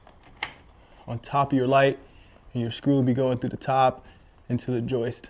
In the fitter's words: These just click right in